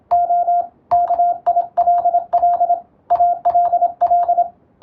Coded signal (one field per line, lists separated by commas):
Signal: Morse code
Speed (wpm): 26 wpm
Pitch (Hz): 700 Hz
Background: radio noise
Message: O KILL ALL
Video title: モールス通信の国家資格「無線通信士」があります。モールスを送信、受信する実技試験が今でもあります。その練習風景です。YouTubeの再生速度を設定して聞こう！ morse code practice